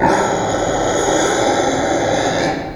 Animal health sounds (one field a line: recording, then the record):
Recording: squeal of a Yucatan mini pig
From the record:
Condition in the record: before surgery on the right vocal fold (resection and tissue-engineered implant)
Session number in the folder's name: 1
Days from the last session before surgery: -21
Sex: female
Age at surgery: 19 weeks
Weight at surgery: 25 kg